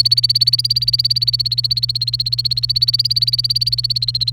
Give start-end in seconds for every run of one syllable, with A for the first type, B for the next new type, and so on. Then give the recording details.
0.00-4.32 A. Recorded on 30 April 2018 at 08:26. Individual llb3